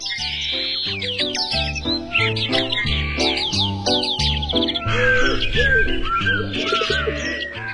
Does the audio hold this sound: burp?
no